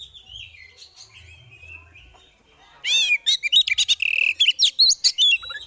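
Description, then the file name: Oriental magpie-robin: faint thin whistles and a low hum, then a loud, fast string of sharp rising chirps, scratchy buzzes and clipped notes. Female kacer (Oriental magpie-robin) calling in the ngeriwik and ngeplong styles; recording intended as bird therapy audio. "Terapi Suara Burung Kacer Betina Ngeriwik Ngeplong"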